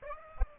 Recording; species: mosquito wingbeat signal from an infrared sensor; Aedes aegypti